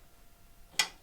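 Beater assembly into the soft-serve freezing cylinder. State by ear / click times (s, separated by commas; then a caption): seated / 0.8 s. A beater fitted with its scraper blades is slid into the freezing cylinder of a Taylor 794 soft-serve frozen yogurt machine and then turned. After a quiet stretch, a single sharp, bright tick sounds at 0.8 s as the beater locks into place.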